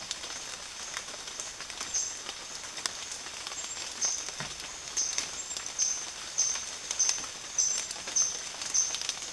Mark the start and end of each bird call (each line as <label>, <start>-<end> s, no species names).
bird call, 3.95-9.33 s